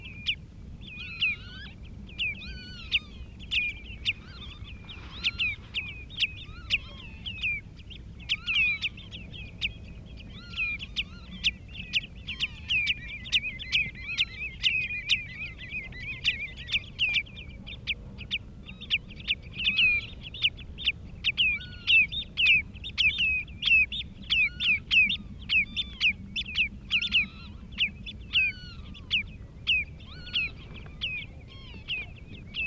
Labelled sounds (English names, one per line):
Common Redshank call